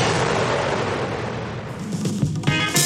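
Loud, rumbling cannon blasts roll together into a dense, continuous roar, with a few sharper booming bursts punching through toward the end. No voices.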